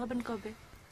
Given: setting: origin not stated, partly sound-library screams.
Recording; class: one-second piece from a danger detection set; normal situation